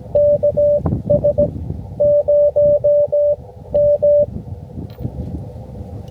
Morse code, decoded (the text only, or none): KS0M